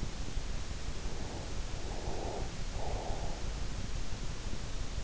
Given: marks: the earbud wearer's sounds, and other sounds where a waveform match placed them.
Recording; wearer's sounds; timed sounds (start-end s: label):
sounds in sleep by an in-ear microphone; breath
1.16-3.59 s: breath